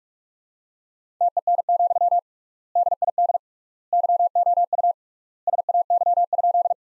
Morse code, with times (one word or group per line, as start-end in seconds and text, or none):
1.2-2.2 TEN,
2.8-3.4 DID
3.9-4.9 YOU
5.5-6.7 SAY?